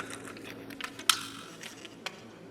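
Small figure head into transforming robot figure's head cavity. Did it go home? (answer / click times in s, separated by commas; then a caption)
yes / 1.1 s. A small plastic Titan Master head is plugged into the small depression in the head cubbyhole of a Titans Return Leader-class Six Shot transforming robot figure. Faint plastic ticks and handling clicks lead up to one sharp, bright snap at 1.1 s as the head seats fairly firmly, followed by a quieter click at 2.1 s.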